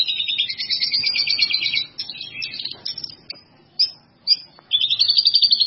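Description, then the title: Bird song opening with a dense, rapid high trill, fading to scattered chirps and a pause before a final buzzy phrase. "burung"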